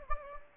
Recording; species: mosquito wingbeat signal from an infrared sensor; Anopheles gambiae